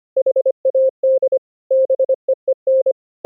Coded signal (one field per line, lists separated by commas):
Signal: Morse code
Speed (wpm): 25 wpm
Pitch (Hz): 530 Hz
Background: none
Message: HAD BEEN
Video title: Morse Code over ip: Network Tools to evaluate condition of internet 2-way full duplex packet pathway